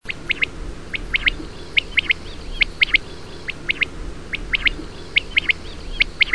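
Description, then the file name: Common quail calling, sharp high clipped notes in quick pairs and triplets repeated steadily over a low background hum. Male giving a double call. "quaglia maschio richiamo doppio"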